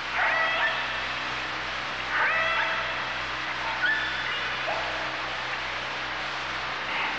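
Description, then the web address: Orca calls: harmonic, squeal-like tones with short upward sweeps, repeated several times at uneven intervals over a steady hiss and low rumble. "kasatka"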